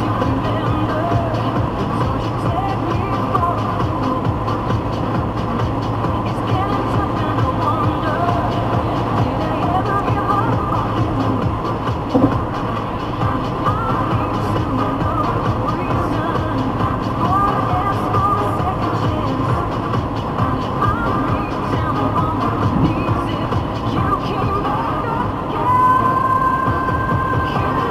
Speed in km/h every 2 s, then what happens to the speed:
129, 123, 127, 128, 128, 126, 125, 126, 125, 122, 119, 121, 121, 120.
0-28 steady at about 125.